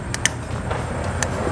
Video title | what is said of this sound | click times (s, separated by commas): Aftermarket sIde markers for your Jeep Renegade | Click into place. | 0.2 s